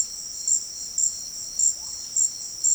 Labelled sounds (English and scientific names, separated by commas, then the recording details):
none
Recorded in dense forest near Puerto Asís, Putumayo, Colombia, on 21 February 2024 at 17:30
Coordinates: 0.481, -76.318
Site G6421